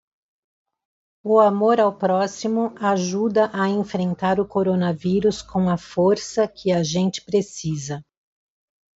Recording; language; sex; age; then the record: spoken sentence; Brazilian Portuguese; female; 60 to 69 years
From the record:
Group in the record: control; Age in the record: 62 years